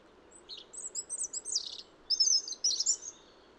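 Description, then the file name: European robin singing high, jangling, trilled phrases in two quick bursts. "Erithacus rubecula"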